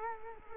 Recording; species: mosquito wingbeat signal from an infrared sensor; Culex quinquefasciatus